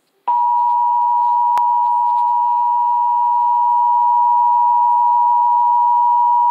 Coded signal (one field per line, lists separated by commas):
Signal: Emergency Alert System (SAME) tones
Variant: 853 and 960 Hz attention tone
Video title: EAS ALERT Required Monthly Test (EAS #47)